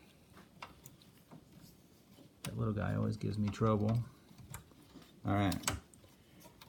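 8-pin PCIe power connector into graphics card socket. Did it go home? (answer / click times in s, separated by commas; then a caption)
no / none. An 8-pin PCIe power connector, a plastic plug with a latch, is pushed toward a graphics card's power socket after some trouble seating it. Someone talks while small ticking and clicking handling sounds occur. Nothing has seated or clicked yet.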